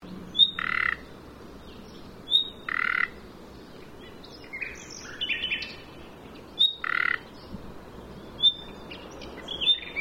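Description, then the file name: Common nightingale calls: thin whistled notes, several followed by short grating croaks, with some scratchy chatter between. "Luscinia megarhynchos"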